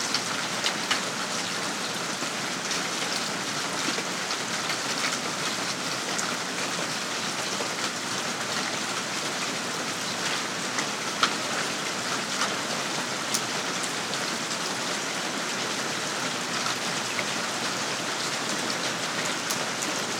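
Heavy rain pours steadily and densely in a bright hiss, with occasional sharper drips and splashes ticking through it, no thunder evident.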